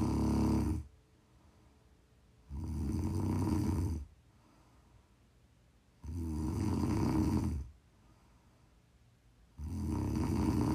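Loud, low, rattling snores from an adult woman asleep, about 18 a minute, separated by quiet exhalations.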